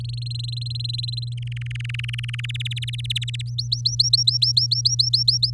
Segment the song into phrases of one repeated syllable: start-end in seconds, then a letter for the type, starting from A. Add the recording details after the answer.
0.00-0.33 A, 0.34-1.34 B, 1.37-2.46 C, 2.49-3.42 D, 3.47-5.50 E. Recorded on 7 May 2018 at 19:29. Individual llb16